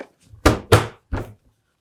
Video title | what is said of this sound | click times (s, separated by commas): Tear-Down cleaning and repair of a Makita DVC750LZ 18V LXT BL L Class Vacuum Cleaner | or just click into SP place like that and it has | 0.5 s